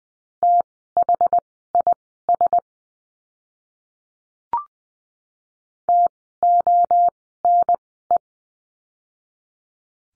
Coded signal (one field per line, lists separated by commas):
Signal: Morse code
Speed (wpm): 20 wpm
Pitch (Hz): 700 Hz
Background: none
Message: THIS TONE